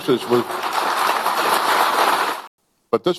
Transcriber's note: applause